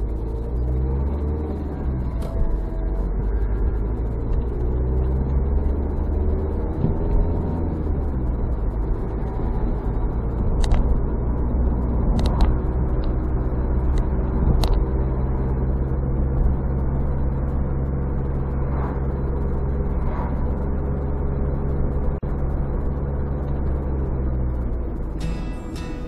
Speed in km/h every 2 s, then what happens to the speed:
18, 20, 27, 36, 39, 41, 45, 47, 49, 49, 50, 50, 43.
0-15 speeds up to 49. 15-23 steady at about 49. 23-26 brakes to 43.